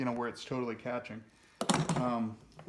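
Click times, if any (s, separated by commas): none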